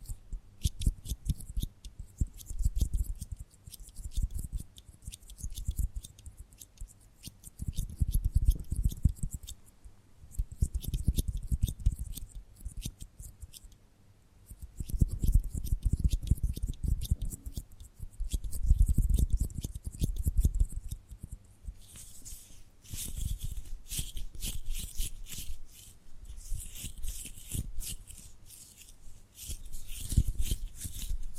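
Dense tapping and gripping sounds run throughout, with quick clicks layered over soft low rubbing that swells in waves every few seconds. Brief quiet gaps fall near 10 and 14 seconds. After about 22 seconds the taps turn sharper and brighter.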